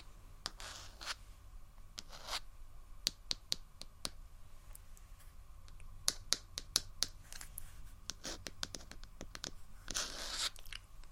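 Soft tapping and scratching: crisp, irregular taps scattered throughout, with brief scratchy bursts near one, two and ten seconds over a quiet low hum.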